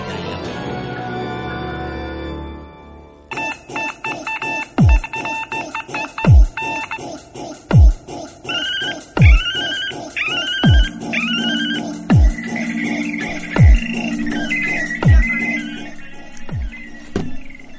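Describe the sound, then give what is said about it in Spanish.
Electronic telephone dialing beeps and warbling ring tones play over a steady rhythmic beat, with deep booming drops recurring about every second and a half after a short opening burst. “Arden los teléfonos de Polémica en el Bardo”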